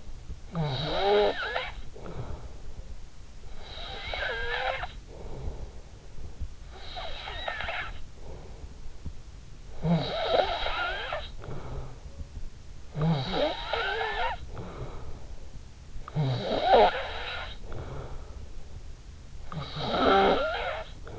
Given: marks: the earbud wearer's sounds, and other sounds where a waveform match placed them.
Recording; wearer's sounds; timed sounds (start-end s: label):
sounds in sleep by an in-ear microphone; snoring breath
0.00-21.19 s: snoring breath